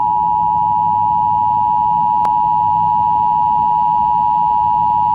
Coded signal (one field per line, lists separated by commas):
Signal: Emergency Alert System (SAME) tones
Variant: 853 and 960 Hz attention tone